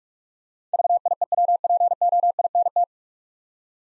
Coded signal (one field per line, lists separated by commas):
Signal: Morse code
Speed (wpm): 46 wpm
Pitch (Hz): 700 Hz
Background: none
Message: VIEWPOINT